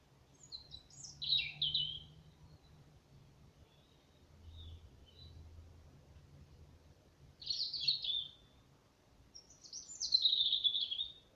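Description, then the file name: European robin song: three high, thin, warbling phrases spaced several seconds apart, the last a longer descending trill, with a low rumble in between. "Erithacus rubecula"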